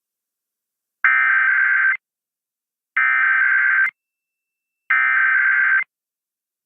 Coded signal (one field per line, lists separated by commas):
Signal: Emergency Alert System (SAME) tones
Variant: header bursts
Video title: September Weekend Tests Finale (EAS #22701-22707) 9/28-29/24